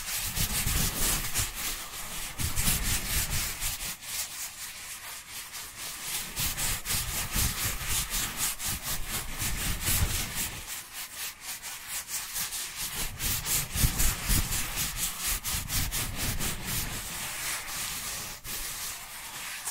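Dry hands rub together in a steady, scratchy rhythm, the bright rasp swelling and easing in slow waves every few seconds. Fast strokes keep the texture dense and gritty throughout, with a soft low rumble under each pass and no pauses.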